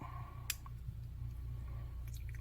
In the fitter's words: And that clicks in place, which is good.